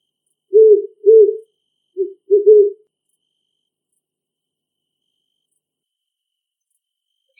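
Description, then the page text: Great horned owl hooting: four deep, soft hoots in a quick uneven run, two, a short pause, then two more. In a big forest. "Great horned owl call from big forest. Animal Sounds - Barren Ring of Fire - Gravatt Camp & Conference Center"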